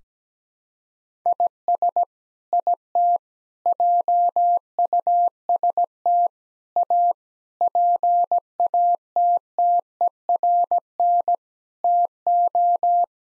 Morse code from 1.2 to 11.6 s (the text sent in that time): IS IT JUST A PATTERN